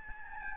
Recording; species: mosquito wingbeat signal from an infrared sensor; Aedes albopictus